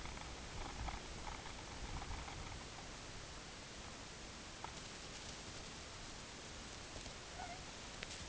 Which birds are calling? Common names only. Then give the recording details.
none. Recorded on Arctic tundra, site UTQI-5, on 18 June 2019. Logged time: 20:00